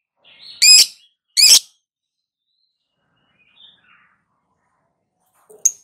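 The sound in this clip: Lovebird squawks, two loud harsh shrill calls close together, then near quiet with faint twitters and one brief sharp chirp at the end.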